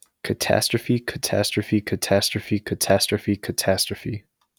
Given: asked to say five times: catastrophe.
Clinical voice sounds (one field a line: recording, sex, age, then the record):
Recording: repeated word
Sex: male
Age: 20 to 29 years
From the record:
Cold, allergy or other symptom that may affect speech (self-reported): no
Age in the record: 21 years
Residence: North Carolina, United States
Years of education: 16